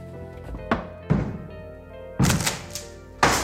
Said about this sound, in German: Ja, was schlagen Sie vor, Wachtmeister? Die Tür aufbrechen? Jawohl, Sir. Treten Sie einen Schritt zurück. Das ist Sache der Polizei.